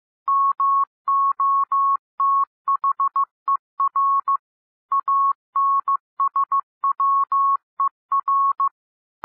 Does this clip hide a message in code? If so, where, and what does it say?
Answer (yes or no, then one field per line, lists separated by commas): yes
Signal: Morse code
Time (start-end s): 0.3-8.7 s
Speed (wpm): 15 wpm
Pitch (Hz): 1100 Hz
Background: none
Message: MOTHER ANSWER